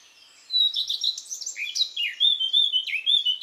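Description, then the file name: Eurasian blackcap song: a fast, high chattering warble of varied twittering notes, giving way to clearer, fluty whistled phrases toward the end. "Sylvia atricapilla"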